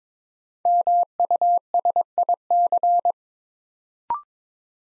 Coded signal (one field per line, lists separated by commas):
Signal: Morse code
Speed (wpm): 22 wpm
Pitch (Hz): 700 Hz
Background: none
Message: MUSIC